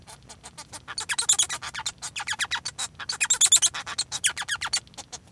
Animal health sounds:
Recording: song of a male Bengalese finch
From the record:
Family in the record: son of father 1

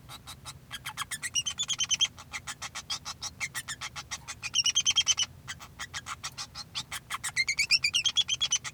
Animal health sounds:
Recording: song of a male Bengalese finch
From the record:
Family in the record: son of father 2

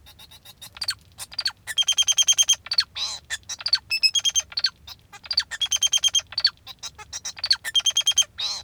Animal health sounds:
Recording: song of a male Bengalese finch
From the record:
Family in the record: father 2

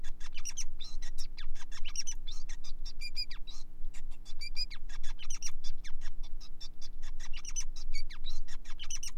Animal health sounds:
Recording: song of a male Bengalese finch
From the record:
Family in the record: son of father 5

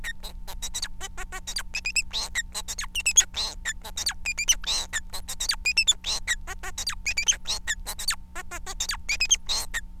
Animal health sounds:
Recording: song of a male Bengalese finch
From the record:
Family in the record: son of father 4

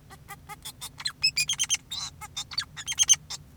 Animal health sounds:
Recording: song of a male Bengalese finch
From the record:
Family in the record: son of father 2, and himself father 4

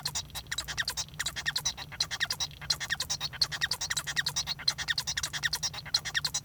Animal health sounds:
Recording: song of a male Bengalese finch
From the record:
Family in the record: son of father 1

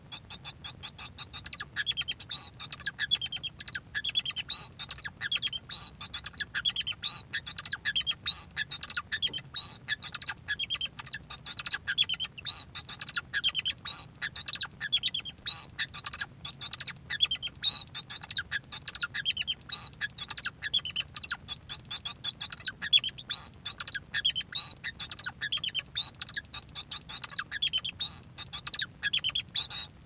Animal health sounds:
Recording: song of a male Bengalese finch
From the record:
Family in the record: son of father 2

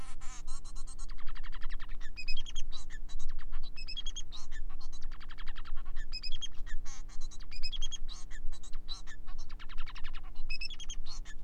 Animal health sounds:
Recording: song of a male Bengalese finch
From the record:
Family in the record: son of father 4

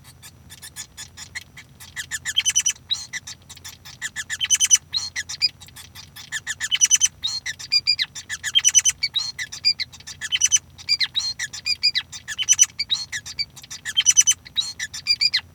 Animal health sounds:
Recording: song of a male Bengalese finch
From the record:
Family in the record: son of father 5

